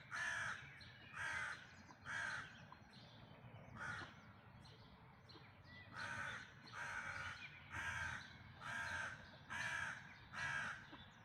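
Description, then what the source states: Bird uttering a long series of harsh caws, about one per second with a longer pause midway, over a constant low background hum. Recorded during a dawn chorus in May 2026.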